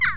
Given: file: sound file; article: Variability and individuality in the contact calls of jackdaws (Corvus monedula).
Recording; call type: jackdaw call; harmonic